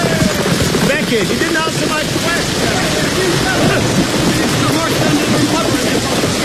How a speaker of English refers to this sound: Oh! The rain is getting heavier, my lord.